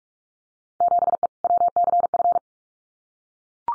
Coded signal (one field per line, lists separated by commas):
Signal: Morse code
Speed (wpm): 44 wpm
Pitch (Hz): 700 Hz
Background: none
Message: 7E WCF